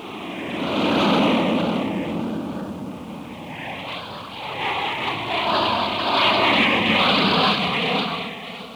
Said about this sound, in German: Flugzeuge.